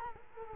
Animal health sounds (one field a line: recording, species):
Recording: mosquito wingbeat signal from an infrared sensor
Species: Culex quinquefasciatus